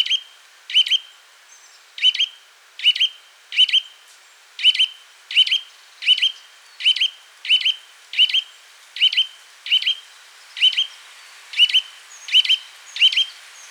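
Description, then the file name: Eurasian nuthatch giving sharp, ringing call notes, often in quick doubled pairs, repeated more than once a second throughout. "Sitta europaea"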